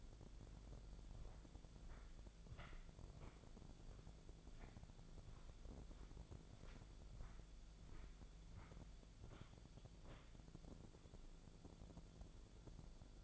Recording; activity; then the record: daily activity, microphone in the room; walk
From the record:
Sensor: 5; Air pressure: 1008.6 hPa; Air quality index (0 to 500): 161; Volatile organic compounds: 4 ppm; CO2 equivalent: 1556 ppm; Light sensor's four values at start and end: 68/187/74/75 and 68/187/74/75